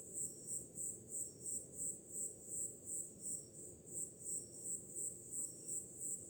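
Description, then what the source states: Crickets chirping in a high, steady pulsed trill, about three pulses a second, over a continuous low rushing wash like ocean waves. Crickets on a summer night, with ocean waves in the background.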